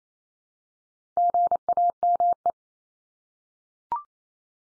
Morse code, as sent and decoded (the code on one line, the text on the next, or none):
--. .- -- .
GAME